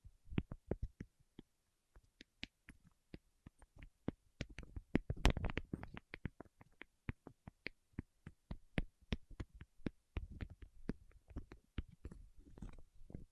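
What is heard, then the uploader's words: Waxy fingertips tap and pull apart in dense, irregular sharp clicks and sticky crackles, with a louder cluster around five seconds. ASMR with Wax Fingertips for Sleep (No Talking).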